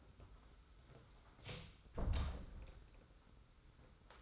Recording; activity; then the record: daily activity, microphone in the room; close door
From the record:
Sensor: 3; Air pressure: 991.5 hPa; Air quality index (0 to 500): 138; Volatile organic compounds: 268 ppm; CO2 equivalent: 4406 ppm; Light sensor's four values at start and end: 42/118/48/42 and 42/118/48/42